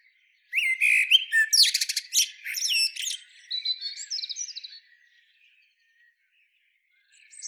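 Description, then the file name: Common blackbird song: a burst of sharp, squeaky twitters and rapid high chips for about four seconds, then quiet, with a faint note at the end. "Turdus merula"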